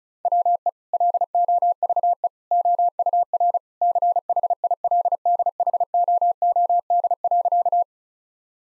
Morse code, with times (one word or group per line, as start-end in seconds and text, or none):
0.3-0.7 WE
0.9-2.3 LOVE
2.5-3.6 OUR
3.8-7.8 CHILDHOOD.